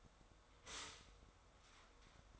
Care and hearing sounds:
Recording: daily activity, microphone in the room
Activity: stop toaster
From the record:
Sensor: 3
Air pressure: 1014.7 hPa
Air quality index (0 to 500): 197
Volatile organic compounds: 25 ppm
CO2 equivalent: 2826 ppm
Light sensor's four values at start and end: 4/11/4/4 and 4/10/4/4

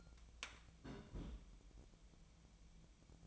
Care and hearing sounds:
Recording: daily activity, microphone in the room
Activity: place on stove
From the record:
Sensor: 1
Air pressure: 1000.0 hPa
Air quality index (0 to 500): 132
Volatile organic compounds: 2 ppm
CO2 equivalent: 1253 ppm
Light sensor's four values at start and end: 40/101/42/53 and 40/100/42/52

